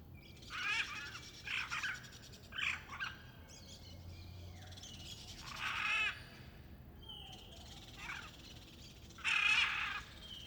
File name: Arara e outros passaros no ifg goiania a tarde ambiente reverberante, grilo constante, transito bem longe